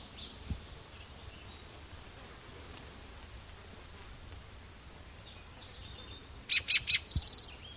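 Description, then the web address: Spotted Towhee song near the end: a few sharp introductory notes, then a dry buzzy trill, over faint steady background noise. Recorded at Cicero on 12 June 2009. "MVZ Cicero 12 Jun 2009 Pmaculatus"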